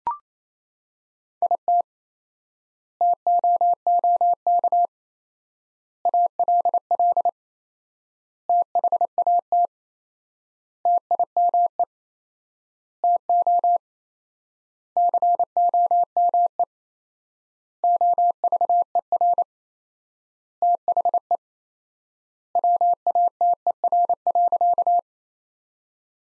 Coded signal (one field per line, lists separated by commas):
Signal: Morse code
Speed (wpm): 28 wpm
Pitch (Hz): 700 Hz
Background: none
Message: IT TOOK ALL THAT TIME TO COME OVER THE WATER.